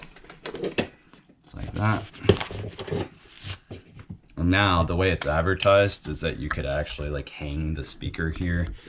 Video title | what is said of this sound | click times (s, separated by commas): Klipsch PRO-180RPW Installation by Dreamedia Home theater | snaps right into place and you see these screws pop up same thing over here | 0.5 s, 0.8 s